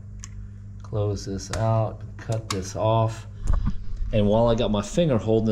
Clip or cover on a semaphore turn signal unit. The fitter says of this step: clip this back on here